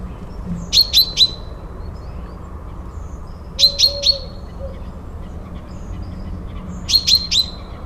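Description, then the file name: Common chaffinch giving three groups of three quick, sharp, high notes, spaced roughly three seconds apart, against quiet low background noise. "Fringilla coelebs"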